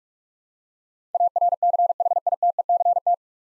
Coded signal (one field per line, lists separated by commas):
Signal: Morse code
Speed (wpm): 43 wpm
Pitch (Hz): 700 Hz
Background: none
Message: ARCHITECT